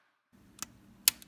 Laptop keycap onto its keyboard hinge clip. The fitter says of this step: the key cap over the hinge once aligned push down and it should click into place